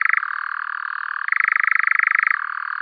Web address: Caprimulgus europaeus